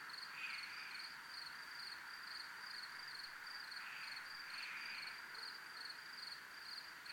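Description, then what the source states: Cricket trilling in an unbroken high, rhythmic pulse, with occasional soft swelling sounds behind it. Recorded at a place called zona militar.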